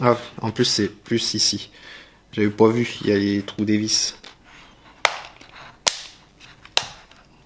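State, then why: Seated. Someone talks while pushing a plastic chain guide support onto its hook on the chassis of a 2016 Kyosho Optima RC buggy kit during assembly. Three sharp, loud snaps ring out at 5.1, 5.9 and 6.8 seconds as the plastic part clips into place and seats.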